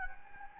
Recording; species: mosquito wingbeat signal from an infrared sensor; Anopheles gambiae